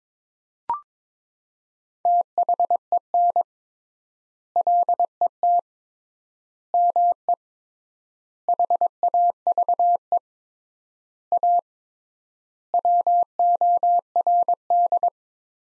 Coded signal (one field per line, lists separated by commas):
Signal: Morse code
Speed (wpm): 22 wpm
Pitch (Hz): 700 Hz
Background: none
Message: THEN LET ME HAVE A WORD